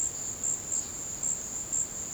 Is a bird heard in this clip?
no